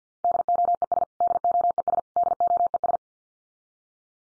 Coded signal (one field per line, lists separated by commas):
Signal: Morse code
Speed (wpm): 50 wpm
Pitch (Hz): 700 Hz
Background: none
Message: DOES DOES DOES